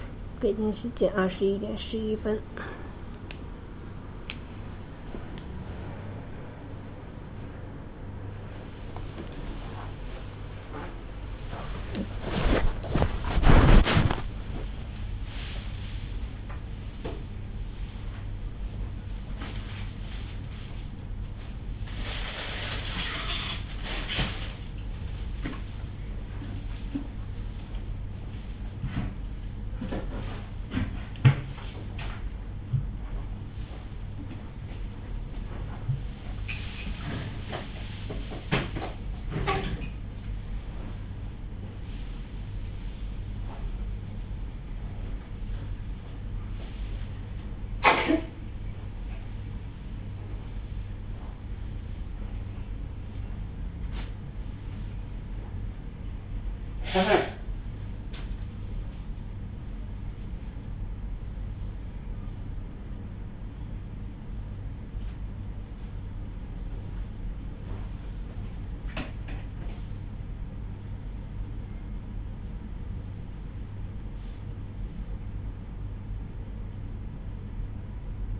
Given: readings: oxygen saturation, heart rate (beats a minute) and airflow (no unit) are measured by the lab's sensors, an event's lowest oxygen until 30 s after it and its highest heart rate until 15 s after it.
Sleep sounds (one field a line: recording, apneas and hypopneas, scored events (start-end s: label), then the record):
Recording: a person awake in a sleep study, by a smartphone at the bedside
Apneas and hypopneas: none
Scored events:
0.00-78.40 s: awake
From the record:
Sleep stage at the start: awake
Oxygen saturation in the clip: 94 to 95%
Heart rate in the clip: 61 to 64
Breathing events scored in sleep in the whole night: 305 in 9.6 hours asleep